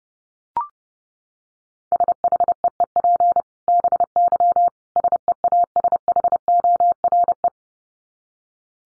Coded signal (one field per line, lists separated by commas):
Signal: Morse code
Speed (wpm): 28 wpm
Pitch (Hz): 700 Hz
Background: none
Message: SHEEP BY SEASHORE